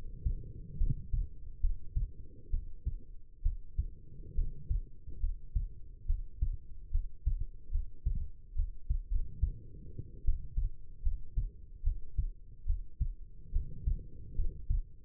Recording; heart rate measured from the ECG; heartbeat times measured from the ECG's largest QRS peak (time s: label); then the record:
heart sounds by stethoscope; 71 bpm
0.77 s: heartbeat
1.60 s: heartbeat
2.50 s: heartbeat
3.42 s: heartbeat
4.34 s: heartbeat
5.19 s: heartbeat
6.06 s: heartbeat
6.90 s: heartbeat
7.70 s: heartbeat
8.55 s: heartbeat
9.10 s: heartbeat
10.24 s: heartbeat
11.02 s: heartbeat
11.83 s: heartbeat
12.65 s: heartbeat
13.51 s: heartbeat
14.35 s: heartbeat
From the record:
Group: healthy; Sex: female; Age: 22 years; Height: 171 cm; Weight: 65.6 kg